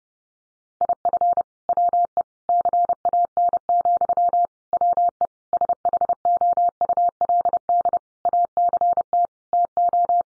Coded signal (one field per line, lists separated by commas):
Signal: Morse code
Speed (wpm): 30 wpm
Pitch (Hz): 700 Hz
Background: none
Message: IF WE CAN, WE SHOULD ACT TO